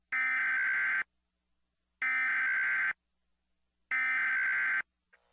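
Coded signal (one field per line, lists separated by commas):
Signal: Emergency Alert System (SAME) tones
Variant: header bursts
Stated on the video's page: Simulated comedy alert.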